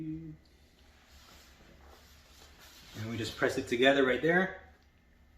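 A PEX water line is pressed together with a push-to-connect coupling on a food truck water system while someone talks, with faint handling noise underneath. Nothing has seated or clicked yet; the clip ends just before the fitting goes home.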